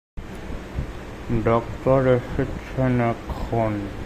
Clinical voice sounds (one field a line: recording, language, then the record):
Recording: elicited speech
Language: Bengali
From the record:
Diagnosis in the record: Broca's or global aphasia after a stroke